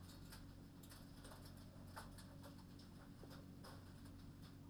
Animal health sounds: poultry house recording; no chicken sound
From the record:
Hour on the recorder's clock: 21

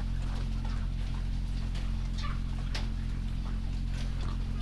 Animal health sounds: poultry house recording; sick chickens (respiratory disease)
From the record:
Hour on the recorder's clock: 23

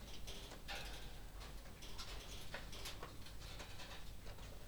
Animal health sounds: poultry house recording; no chicken sound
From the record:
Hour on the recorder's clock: 21

